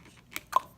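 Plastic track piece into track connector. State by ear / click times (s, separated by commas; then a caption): seated / 0.4 s, 0.6 s. A plastic track piece, laid flat on a table, is slid into a plastic connector and locks into place. Two sharp plastic clicks are heard at 0.4 s and 0.6 s, the second one louder, as the piece seats in the connector.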